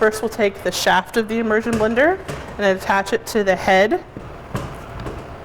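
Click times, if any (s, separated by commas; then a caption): 4.6 s. Someone talks as the plastic and metal blending shaft of a Waring immersion blender is attached to its motor head and given a quarter turn to lock it into place. A single short, sharp click is heard at 4.6 s as the shaft locks onto the head.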